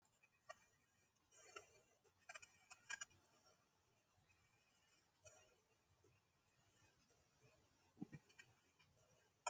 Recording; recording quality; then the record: deep breathing; moderate, slight background noise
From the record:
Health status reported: healthy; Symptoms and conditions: hypertension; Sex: female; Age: 66 years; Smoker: not ticked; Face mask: not worn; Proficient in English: yes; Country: India